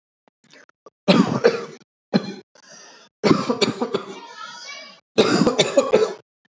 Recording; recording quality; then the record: heavy voluntary cough; moderate, slight background noise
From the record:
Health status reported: healthy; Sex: male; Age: 34 years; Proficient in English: yes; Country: India